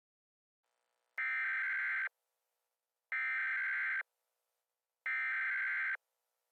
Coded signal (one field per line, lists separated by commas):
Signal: Emergency Alert System (SAME) tones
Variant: header bursts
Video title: Joplin Catastrophe. An EAS Mock.